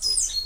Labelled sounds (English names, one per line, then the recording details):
Stitchbird song
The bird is a male
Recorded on Tiritiri Matangi Island, New Zealand, in 2005
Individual 5, of nest box 6